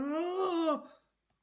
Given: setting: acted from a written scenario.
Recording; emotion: vocal sound without words; fear